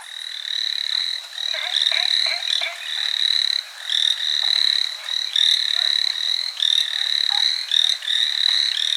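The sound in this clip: Chinese tree frog calling in rapid pulsed bursts, each lasting one to two seconds, repeated almost continuously with short gaps.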